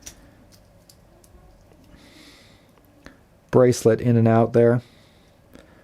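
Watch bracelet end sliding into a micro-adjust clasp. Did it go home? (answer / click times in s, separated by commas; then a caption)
yes / 5.6 s. The tool-free micro-adjust clasp on the steel bracelet of a Zelos Horizons 43mm dive watch has its lever pulled and the bracelet slid in and out to adjust it on the fly, making faint small ticks around 0.1, 0.9, 1.2 and 3.1 seconds. Someone talks in the middle of the clip. The clasp then clicks into place, seated and locked, with a soft click at 5.5 seconds.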